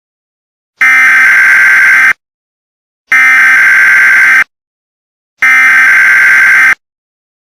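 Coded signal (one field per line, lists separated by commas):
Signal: Emergency Alert System (SAME) tones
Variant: header bursts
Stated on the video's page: Fictional EAS scenario about an escaped Soviet bioweapon.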